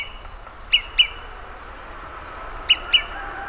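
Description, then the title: Olive-sided flycatcher giving two pairs of crisp, short pip notes nearly two seconds apart against a low continuous background noise. "LuckyPassaro Completos2Sama. Olive-sided Flycatcher (Contopus cooperi)"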